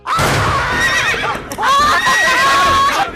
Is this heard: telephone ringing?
no